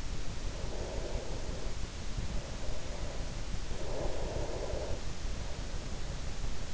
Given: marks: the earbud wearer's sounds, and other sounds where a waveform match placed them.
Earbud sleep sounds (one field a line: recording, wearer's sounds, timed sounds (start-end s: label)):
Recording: sounds in sleep by an in-ear microphone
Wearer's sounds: breath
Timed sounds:
0.22-3.63 s: breath
3.78-6.74 s: breath